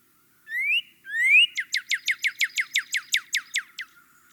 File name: Northern Cardinal